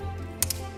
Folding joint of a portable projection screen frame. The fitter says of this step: boom, until you hear a click.